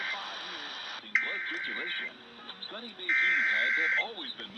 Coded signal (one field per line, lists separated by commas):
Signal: Emergency Alert System (SAME) tones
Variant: header bursts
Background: speech